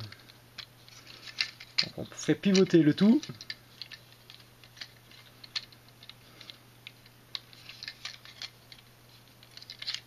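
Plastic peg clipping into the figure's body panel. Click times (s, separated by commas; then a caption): 1.8 s. During the transformation of a plastic Transformers Robots in Disguise Strongarm action figure, a small plastic peg is pressed into its slot in the figure's body panel. It seats with a sharp click at 1.8 s, amid lighter handling clicks and taps, while someone talks.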